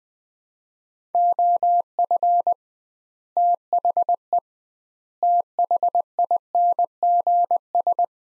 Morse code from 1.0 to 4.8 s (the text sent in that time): OF THE